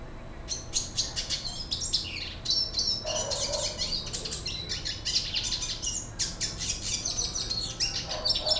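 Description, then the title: Red siskin song: a fast, continuous twittering of high, buzzy and chirping notes running without pause, with scratchy trills mixed in. "Pavanegra. cardenalito cantando"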